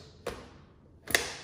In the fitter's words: you hear it click a little solution got on me now it's fully assembled